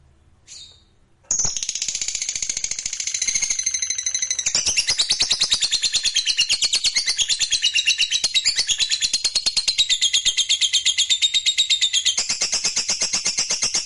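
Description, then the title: Lovebird giving a brief faint note, then a long, high, fast-pulsed chattering trill held to the end. Fighter lovebird giving a long ngekek trill. "Begitu Dengar Suara Lovebird FIGHTER NGEKEK PANJANG"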